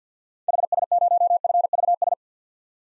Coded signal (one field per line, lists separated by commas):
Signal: Morse code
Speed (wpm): 50 wpm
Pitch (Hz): 700 Hz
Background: none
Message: HS0FVS